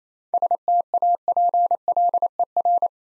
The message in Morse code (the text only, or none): STAPLER